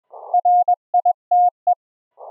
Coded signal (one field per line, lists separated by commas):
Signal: Morse code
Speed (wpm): 20 wpm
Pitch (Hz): 710 Hz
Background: none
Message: RITE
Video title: Experimental Ham Radio REMOTE RIG AUDIO setup - TCP IP audio OVER the LAN - LIVE HF QSO demo